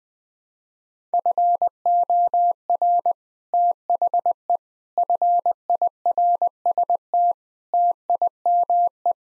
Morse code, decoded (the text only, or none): FOR THE FIRST TIME